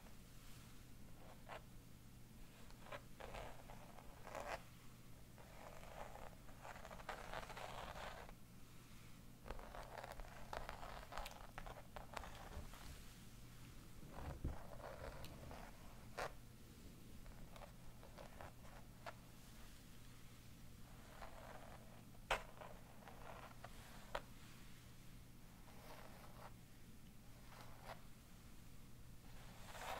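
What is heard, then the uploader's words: Fabric being scratched and tapped in irregular bursts, with a sharp tap near 22 seconds, over a steady low hum. Mansion ASMR Sounds • Fabric • Tapping • Scratching • No Talking.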